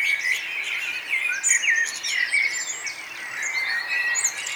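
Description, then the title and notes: Mixed birdsong, sharp chirps and whistled phrases from several birds at once, with fast high trills woven through the chorus. Morning atmosphere at Nonnenhorn, 10 May 2009, 04:24; birdsong and twittering. "nonnenhorn, morgenstimmung, vögel. vogelgesang, vorgelgezwitscher"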